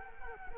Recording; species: mosquito wingbeat signal from an infrared sensor; Culex quinquefasciatus